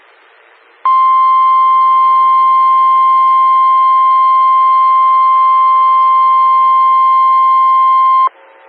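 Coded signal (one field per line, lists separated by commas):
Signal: Emergency Alert System (SAME) tones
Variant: 1050 Hz attention tone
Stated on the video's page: Audio from a 147.255 MHz SKYWARN repeater.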